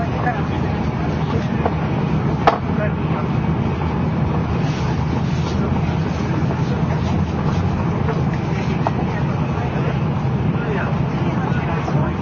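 A ride aboard a JR N700-series Shinkansen between Kyoto and Shin-Yokohama: a steady, dense low rumble holds evenly throughout with no change in pace. Faint murmuring voices sit underneath, and a sharp click stands out near the two-and-a-half-second mark.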